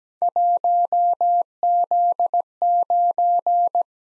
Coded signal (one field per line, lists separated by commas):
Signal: Morse code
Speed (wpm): 17 wpm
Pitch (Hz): 700 Hz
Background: none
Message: 1Z9